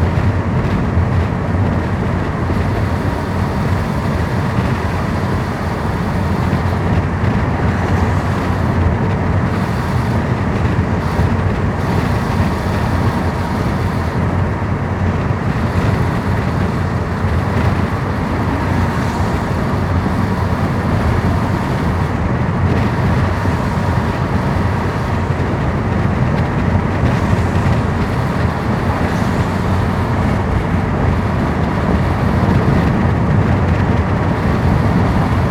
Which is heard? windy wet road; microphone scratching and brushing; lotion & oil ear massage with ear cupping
windy wet road